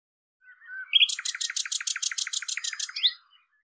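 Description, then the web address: Common nightingale phrase opening with a soft low whistle, then a rapid, even series of many loud, sharp repeated notes, ending with an upward flick. "cianscape birddata Deverinetal 2025"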